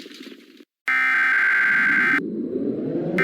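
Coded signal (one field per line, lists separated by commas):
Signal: Emergency Alert System (SAME) tones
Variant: header bursts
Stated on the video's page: Simulated EAS alert tones in a fictional scenario about murderers on the loose.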